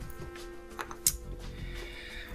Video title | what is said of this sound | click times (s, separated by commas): Bandai PG 00 Raiser (Assembly only) - Part 1 - 00 Gundam | we have this armor piece that goes over the top and that snaps into place | 1.1 s